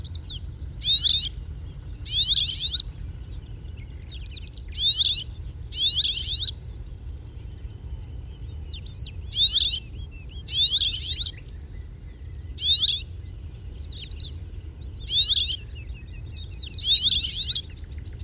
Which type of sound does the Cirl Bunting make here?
call